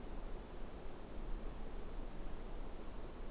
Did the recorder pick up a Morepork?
no